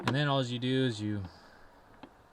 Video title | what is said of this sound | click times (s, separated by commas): Lawns Are Greening Up! New Backpack Sprayer! Mowing & Fertilizing! | flip this back up push this tab back in and it is locked in place | 2.0 s